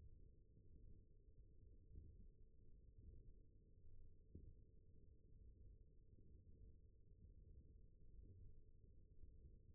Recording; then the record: forearm muscle sounds (acoustic myography)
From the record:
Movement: thumb flexion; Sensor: system 1, eight BSWA MPA416 microphones around the upper forearm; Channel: 3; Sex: male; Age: 21 years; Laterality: right